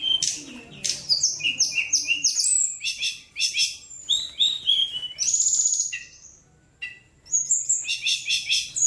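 Bird delivering a lively song of sharp chirps, buzzy trills and sliding whistles in bursts separated by short pauses.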